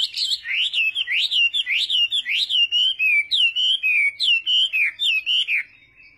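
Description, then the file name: Chinese hwamei song: loud, sliding whistled notes delivered in a fast series, ending abruptly. "Tieng hoa mi hot"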